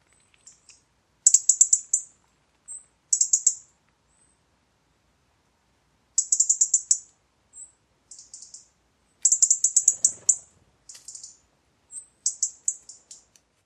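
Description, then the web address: European robin calls: high, thin clicking bursts in quick rattling series, given in several separate bouts with short pauses and a few softer single notes between them. "Deverinetal 2025 File origin Bird Only Er Ru"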